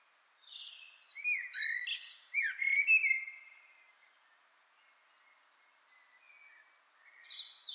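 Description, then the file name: Common blackbird whistling a rich, fluting phrase, followed by scattered high, thin twittering notes. "Turdus merula"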